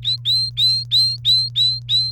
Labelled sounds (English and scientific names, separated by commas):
Domestic Canary (Serinus canaria) song